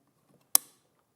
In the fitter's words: And then it it has like a little spring-loaded clip. And you'll Well, you heard it click.